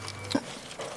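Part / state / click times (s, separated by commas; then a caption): kit harness plug into vehicle connector / not seated / none. A flex fuel kit harness plug is handled at the vehicle connector of a 2018 Camaro ZL1, with the locking tab up, before being pushed in. Brief handling taps are heard near 0.1 s and 0.3 s over a low background. Nothing has seated or clicked yet.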